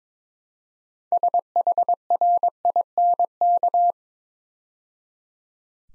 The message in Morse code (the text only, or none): SHRINK